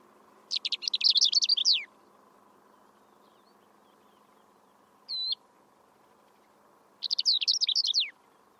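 Bird song in two bursts of rapid, high twittering notes several seconds apart, with a single short chirp between them over a steady low hum.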